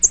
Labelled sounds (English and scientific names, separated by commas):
American Redstart (Setophaga ruticilla) flight call